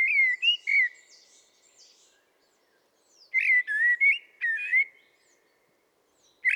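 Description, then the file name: Common blackbird singing two bursts of mellow, fluted warbling separated by a pause with faint high twitters, and the start of another at the end. "Turdus merula"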